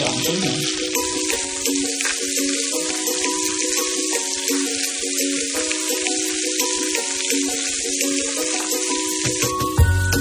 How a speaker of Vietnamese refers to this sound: Sau khi bơ vàng để tép vô, tép này đã ướt rồi nha, ướt cả giờ rồi, cho nó vàng chín nữa mọi người.